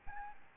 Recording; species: mosquito wingbeat signal from an infrared sensor; Aedes albopictus